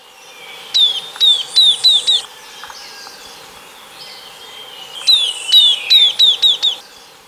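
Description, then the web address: Southern beardless tyrannulet calling a quick series of five or six high, sharply falling whistled notes, then the same series again a few seconds later. Recorded in Ecuador. "Birds of Ecuador 2. Southern Beardless Tyrannulet"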